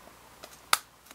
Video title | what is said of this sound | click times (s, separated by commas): Life Proof iPhone 4 case | and I'm just going to put the back the back snaps on like you guys have to like push really hard to snap it on like | 0.7 s